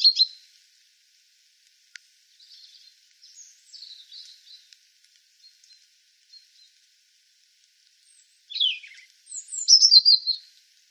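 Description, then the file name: European robin song in short phrases of high thin notes, a bright burst near the start, quiet twittering in the middle, then louder tumbling high trills toward the end. "Erithacus rubecula"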